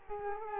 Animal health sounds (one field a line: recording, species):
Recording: mosquito wingbeat signal from an infrared sensor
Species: Culex quinquefasciatus